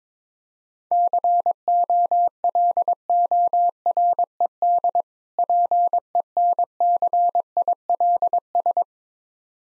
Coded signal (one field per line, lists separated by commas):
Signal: Morse code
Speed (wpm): 22 wpm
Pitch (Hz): 700 Hz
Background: none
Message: COLORED PENCILS